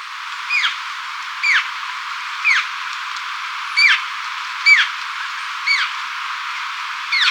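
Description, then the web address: Northern mountain cacique repeating a single downslurred note several times. Recorded in Ecuador. "Birds of Ecuador. Northern Mountain-Cacique"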